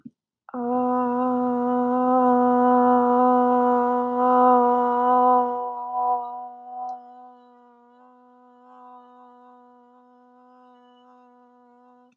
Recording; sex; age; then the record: vowel held as long as possible; female; 20 to 29 years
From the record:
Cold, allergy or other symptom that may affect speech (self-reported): no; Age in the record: 28 years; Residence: Washington, United States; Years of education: 18